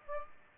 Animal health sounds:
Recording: mosquito wingbeat signal from an infrared sensor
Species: Aedes aegypti

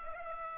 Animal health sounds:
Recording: mosquito wingbeat signal from an infrared sensor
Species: Aedes aegypti

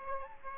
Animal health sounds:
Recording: mosquito wingbeat signal from an infrared sensor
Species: Aedes aegypti

